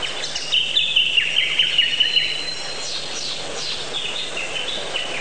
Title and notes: Bird Sound Effects पक्षी लगता है. lots of different bird sounds